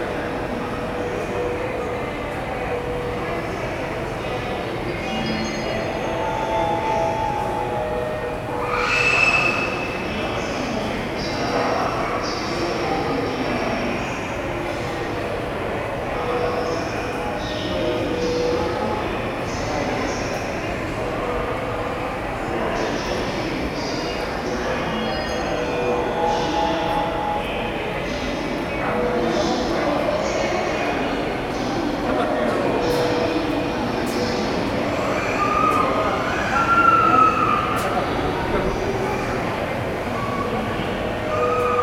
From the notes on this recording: Field-recorded at Takanawa Gateway Sta., Tokyo.